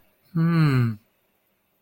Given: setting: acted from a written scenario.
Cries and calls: vocal sound without words; contentment

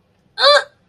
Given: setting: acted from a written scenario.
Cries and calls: vocal sound without words; pain

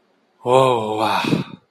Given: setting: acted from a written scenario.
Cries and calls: vocal sound without words; relief

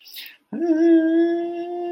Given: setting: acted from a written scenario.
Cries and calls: vocal sound without words; distress

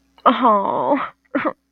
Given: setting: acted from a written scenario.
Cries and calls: vocal sound without words; sympathy

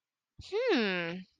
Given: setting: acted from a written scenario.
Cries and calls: vocal sound without words; interest

